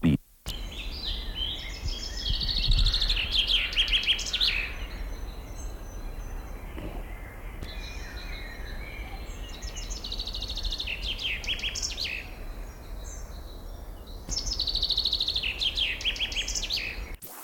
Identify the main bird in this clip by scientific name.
Fringilla coelebs